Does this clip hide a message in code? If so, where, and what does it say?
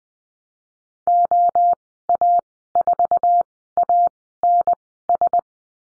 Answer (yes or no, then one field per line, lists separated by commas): yes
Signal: Morse code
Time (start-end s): 1.1-5.4 s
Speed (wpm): 20 wpm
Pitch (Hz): 700 Hz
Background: none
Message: OA4ANS